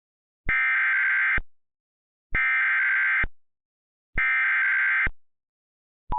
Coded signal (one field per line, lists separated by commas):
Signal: Emergency Alert System (SAME) tones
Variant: header bursts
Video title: EAS Mock: Contra Costa SVR